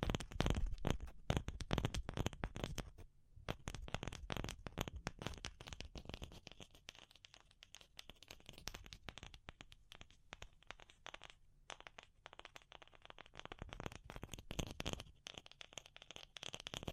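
Fast, dense tapping, with crisp clicks crowding together, loudest and fullest at the start and near the end, thinning slightly through the middle.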